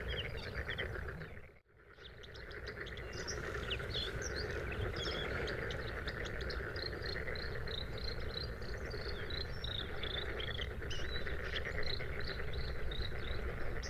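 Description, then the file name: Bluethroat song: after a brief dropout, a long, rapid series of high twittering and repeated notes over a constant drone. Recorded at Sha Cheng Wetland, Hebei, China, on 5 May 2025 at 06:10; three bursts of song separated by fades. "2025-05-05-0610-Bluethroat- three-bursts-of-song-separated-by-fades-Sha Cheng-Wetland-Hebei"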